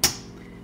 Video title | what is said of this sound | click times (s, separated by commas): Secondary Air Injection Pump Replacement 2006 Toyota Sequoia/Tundra Chapter 3: | it back on until you hear a click and then | 0.0 s